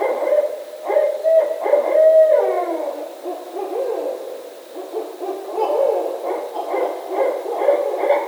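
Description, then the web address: Barred owl in a raucous bout of hoots and wild cackling calls, one long note sliding downward midway, the excited calling resuming loudly in the last seconds. Recorded on 19 November 2010. "Barred Owl 2010 11 19 Barred Owl"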